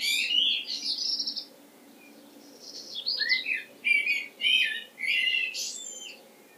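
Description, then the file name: Common blackbird chirping calls: a shrill squeaky burst, a short pause, then a series of scratchy twitters. "Turdus merula"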